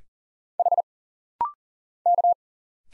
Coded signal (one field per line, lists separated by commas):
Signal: Morse code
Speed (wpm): 40 wpm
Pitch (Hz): 700 Hz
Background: none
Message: H K